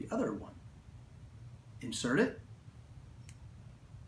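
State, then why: Seated. Someone talks as a second terminal, crimped with a Rennsteig PEW12 tool, is inserted into a female Weather Pack weatherproof connector housing. A short, sharp snap is heard at 3.3 s as the terminal locks in and seats.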